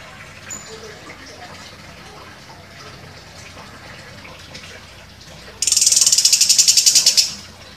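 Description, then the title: Orange-headed thrush song: several seconds of near silence, then a sudden high, buzzy rattle of rapid even pulses lasting about one and a half seconds. Described as gacor, actively singing. "Anis Kembang Gacor"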